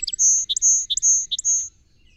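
Song Sparrow: songbird phrase of four high sustained whistles, each preceded by a short lower click, ending abruptly.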